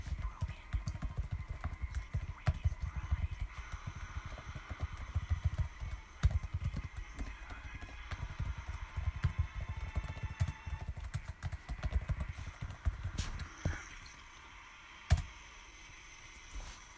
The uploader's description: sʟᴜʀᴘɪɴɢ, ᴄʜᴇᴡɪɴɢ, ᴄʀᴜɴᴄʜɪɴɢ, ᴛʏᴘɪɴɢ, sᴛɪʀʀɪɴɢ ᴀɴᴅ ᴀʟsᴏ ᴀɴɪᴍᴇ ɪɴ ᴛʜᴇ ʙᴀᴄᴋɢʀᴏᴜɴᴅ